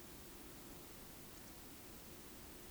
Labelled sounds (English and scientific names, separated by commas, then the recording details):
Eurasian Woodcock (Scolopax rusticola) whistle
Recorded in Baden-Württemberg, Germany, on 9 June 2021 at 20:19 UTC
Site 25175, 602 m above sea level